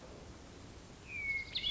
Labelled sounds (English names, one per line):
Hermit Thrush